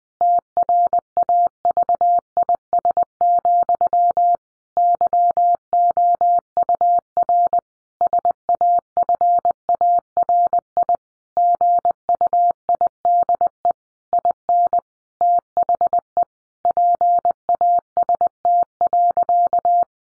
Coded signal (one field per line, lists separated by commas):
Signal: Morse code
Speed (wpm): 20 wpm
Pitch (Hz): 700 Hz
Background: none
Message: TRAVIS, YOUR SAFARI GUIDE IN THE PAST.